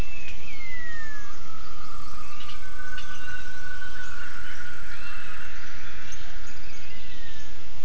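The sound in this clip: Gibbon calling with whistled gliding notes, one sliding downward then a long steady tone, and fainter falling whistles later, all under a heavy constant hiss.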